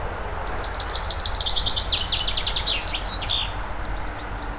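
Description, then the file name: Common chaffinch song: one clear phrase of bright, rapidly repeated notes that descends steadily and closes with a sharp, emphatic flourish, over a low, constant hum. "Fringilla coelebs"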